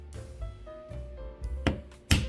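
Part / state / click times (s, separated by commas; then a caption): reset button in a luggage combination lock / seated / 2.1 s. A small screwdriver is pushed into the reset button of a Samsonite luggage combination lock until the button clicks in and seats. Over faint steady tones, a few soft taps and a sharp tick at 1.7 s come before the loud, crisp click at 2.1 s, which confirms the reset button has seated.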